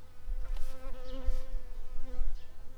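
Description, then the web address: Shrill carder bee buzzing: a steady, humming drone with a faint wavering pitch, over a low rumbling background. Worker bees. "bumblebees Sylvarum-workers"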